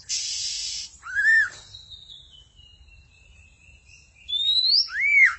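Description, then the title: Magpie-robin or shama song opening with a harsh buzzy burst, then an arched whistled note, a long falling whistle, and closing rising and arched whistles. "Suara Burung Murai"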